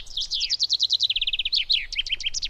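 Common chaffinch song: rapid phrases of repeated notes stepping downward, ending in a series of short chirps.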